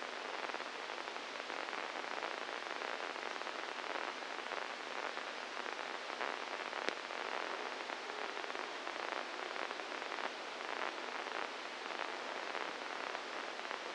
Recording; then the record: brain microelectrode recording played as sound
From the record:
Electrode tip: inside the subthalamic nucleus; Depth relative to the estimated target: 0 mm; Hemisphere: right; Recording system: NeuroSet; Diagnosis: Parkinson's disease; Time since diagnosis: 8 years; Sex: male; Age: 46 years